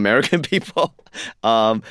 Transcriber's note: laughter